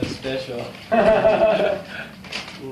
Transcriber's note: laughing